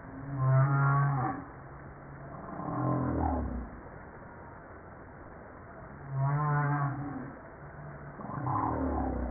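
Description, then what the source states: Humpback whale song of low buzzy moans alternating with falling groans, the pattern repeating after about six seconds. Recorded 5 March 1994.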